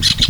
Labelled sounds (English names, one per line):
Brown-throated Parakeet contact call